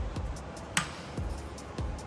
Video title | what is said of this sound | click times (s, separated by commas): HEAD INSTALL & TIMING 2JZ GTE ENGINE | Pops right in there. | 0.8 s